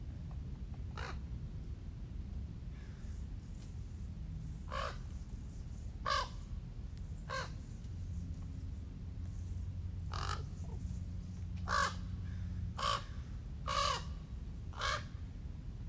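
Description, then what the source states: Crow giving harsh, rasping caws, single calls at irregular intervals, over a steady low rumble. Crows, also called ravens, communicating.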